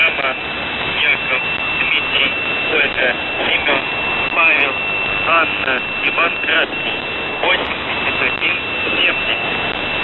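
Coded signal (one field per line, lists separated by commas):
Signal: numbers station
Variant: UVB-76 voice message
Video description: 02:54 0600z (February 14th)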